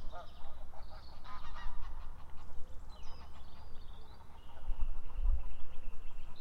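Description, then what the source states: Goose: geese honking, a loose scatter of nasal calls partly buried under a constant low rumble. Several geese at Felmersham.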